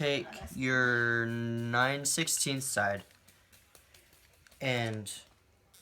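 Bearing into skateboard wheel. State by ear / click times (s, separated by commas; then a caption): not seated / none. A skateboard bearing that has popped partly out of a plastic wheel is handled so it can be pushed back in by hand with the 9/16 side, a method that can ruin the plastic. Someone talks, then faint, short handling knocks come at about 3.3, 3.8, 4.0 and 4.5 seconds before the talking resumes. The clip ends before the bearing goes home, and nothing has seated or clicked yet.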